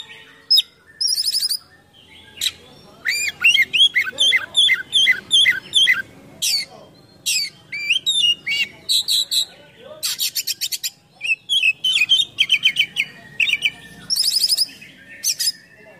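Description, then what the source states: Oriental magpie-robin song: dense, varied bursts of clear whistles, sharp chips and rapid buzzy high trills, broken by brief pauses and continuing throughout. Kacer singing gacor (vigorously), full isian (packed with imitated phrases), described as mewah (luxurious).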